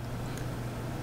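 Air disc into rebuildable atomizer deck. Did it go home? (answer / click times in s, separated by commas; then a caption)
no / none. A second stainless steel mouth-to-lung air disc is handled as it is fitted into the deck of a Skyfall RDA by ESG rebuildable atomizer. A steady low hum runs throughout, with one brief faint high tick near 0.4 s. Nothing has seated or clicked into place yet.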